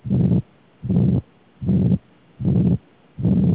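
A heart murmur in a horse, heard through a stethoscope.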